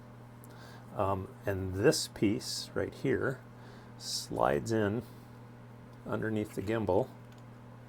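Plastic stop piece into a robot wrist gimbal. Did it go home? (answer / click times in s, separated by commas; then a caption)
no / none. A printed plastic stop piece for a pit droid robot's wrist is handled and slid in underneath the wrist gimbal while someone talks over a low steady hum. Nothing has snapped or seated into place yet by the end of the clip.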